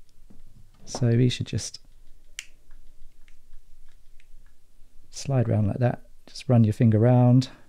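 A rubber dust cap is being pressed onto a brake caliper piston on a BMW R100CS motorcycle while someone talks, with a finger run around the cap to work it on. Only faint handling ticks sit between the talking, the sharpest at about 2.4 s. The cap has not seated or clicked into place yet.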